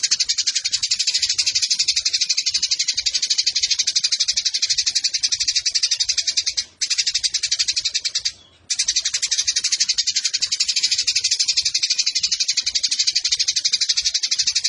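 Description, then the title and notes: Eurasian tree sparrow giving a continuous harsh, rattling chatter, fast and steady pulses, with two brief breaks midway. Fighting (tarung) tree sparrow with long 'nembak' bursts and a clear voice; masteran tutor song for competition songbirds. "GEREJA TARUNG NEMBAK PANJANG SUARA JERNIH MASTERAN WAJIB BURUNG LOMBA. Burung Gereja"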